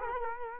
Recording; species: mosquito wingbeat signal from an infrared sensor; Culex quinquefasciatus